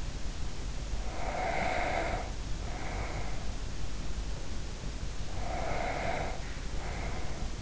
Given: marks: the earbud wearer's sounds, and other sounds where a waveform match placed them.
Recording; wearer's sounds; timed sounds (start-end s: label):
sounds in sleep by an in-ear microphone; breath
0.99-3.84 s: breath
5.15-7.62 s: breath